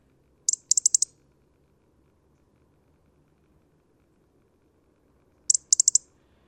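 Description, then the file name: European robin producing two bursts of rapid, high-pitched ticking notes, about five seconds apart, with near silence between. "Erithacus rubecula"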